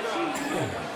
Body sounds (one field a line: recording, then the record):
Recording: coughing mixed with background sound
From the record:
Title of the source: Mid-morning Winter Coughing Fit